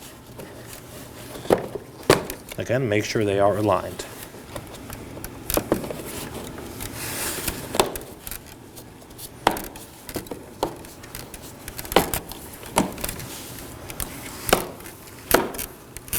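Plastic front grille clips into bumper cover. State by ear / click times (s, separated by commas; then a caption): seated / 7.8 s, 9.5 s, 12.0 s, 12.8 s, 14.5 s, 15.3 s. Someone talks briefly as a new plastic front grille for a 2013–2019 Nissan Sentra is aligned and pressed onto the bumper cover, with handling knocks and rustles early on. Its retaining clips snap in with sharp clicks at 7.8, 9.5, 12.0, 12.8, 14.5 and 15.4 seconds, and the grille is seated.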